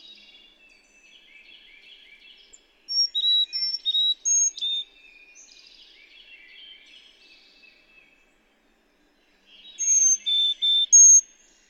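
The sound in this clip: Carolina chickadee whistling a song of pure high and lower tones, given twice, with quiet buzzy chips filling the gaps.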